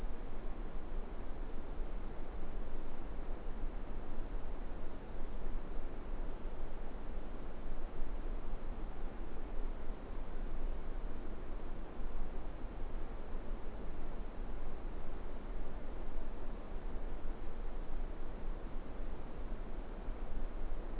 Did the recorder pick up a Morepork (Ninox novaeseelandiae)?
no